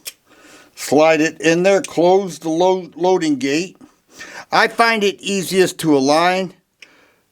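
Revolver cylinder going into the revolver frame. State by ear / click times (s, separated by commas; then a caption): seated / 6.8 s. Someone talks while reinstalling the cleaned steel cylinder of a single action revolver into the revolver frame, working the hammer slightly to align it. A sharp tick is heard at 6.8 s as the cylinder locks into place in the frame.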